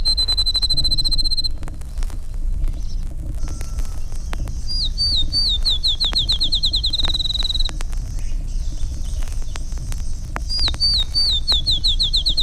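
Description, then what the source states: Field Sparrow song: long steady whistled notes, then series of short, slurred, down-sweeping notes forming trills, repeated throughout over crackle and low hum. Five males, two songs each; each has its own variation of the family song, two or three long notes followed by a trill.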